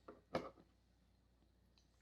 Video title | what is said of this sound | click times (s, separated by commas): Silverback SRS M4 Mag Adapter Install & Test - Airsoft Industries Review | And that should just snap in place | 0.4 s